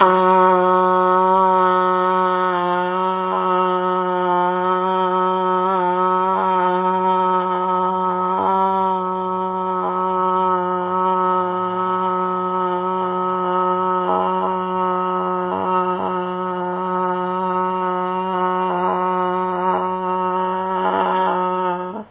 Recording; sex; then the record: sustained vowel /a/; female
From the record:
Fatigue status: no fatigue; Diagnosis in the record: COVID-19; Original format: 3gp